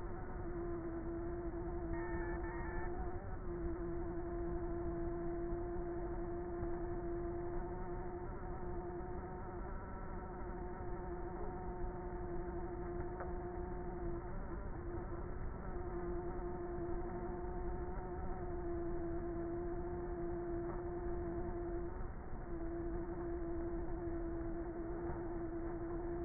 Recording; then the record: honeybee colony, microphone inside the hive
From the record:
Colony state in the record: queenless with a low population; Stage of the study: before two queens were removed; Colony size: about 30,000 bees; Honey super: no